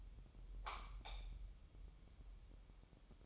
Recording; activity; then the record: daily activity, microphone in the room; light off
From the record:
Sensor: 1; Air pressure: 988.4 hPa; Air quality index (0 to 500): 198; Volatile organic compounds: 1000 ppm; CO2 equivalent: 5287 ppm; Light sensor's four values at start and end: 12/37/14/15 and 8/21/8/10